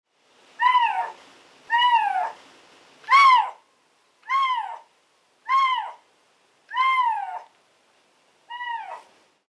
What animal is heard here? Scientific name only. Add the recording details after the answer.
Lynx lynx. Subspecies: lynx. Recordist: Tembrock, Günter. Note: Weibchen mit 3 Jungen: Lautreihe